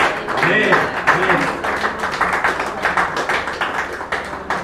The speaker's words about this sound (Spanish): Levante su mano, diga gloria a Dios. Aleluya. Den un fuerte aplauso a Jesús. Gloria a Dios.